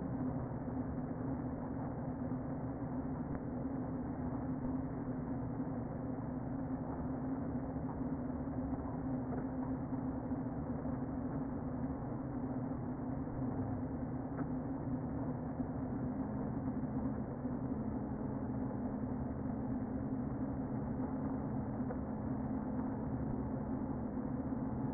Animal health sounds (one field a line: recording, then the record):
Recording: honeybee colony, microphone inside the hive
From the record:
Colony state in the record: queen present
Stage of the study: before two queens were removed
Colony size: about 60,000 bees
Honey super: yes